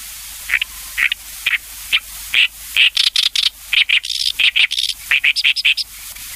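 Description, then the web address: Oriental reed warbler song, starting with spaced harsh notes that speed up into a fast, rasping, chattering sequence. "sikioto. ooyoshikiri"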